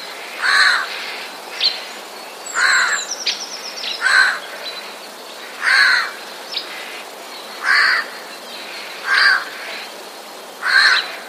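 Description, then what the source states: Eurasian jay repeating harsh, raspy screeches at intervals, several in all, with faint high chirps from small birds among them. Recorded 6 February 2016.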